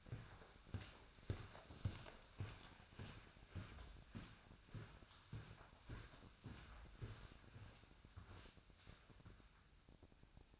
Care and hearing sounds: daily activity, microphone in the room; walk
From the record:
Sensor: 2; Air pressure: 1009.2 hPa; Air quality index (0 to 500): 177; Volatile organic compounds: 2 ppm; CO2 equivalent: 1296 ppm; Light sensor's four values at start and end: 48/125/53/59 and 47/121/52/58

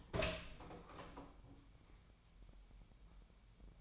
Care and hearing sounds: daily activity, microphone in the room; open door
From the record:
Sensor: 1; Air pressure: 1007.2 hPa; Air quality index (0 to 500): 198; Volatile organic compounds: 19 ppm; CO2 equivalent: 2671 ppm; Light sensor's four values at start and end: 13/32/13/15 and 13/34/13/15

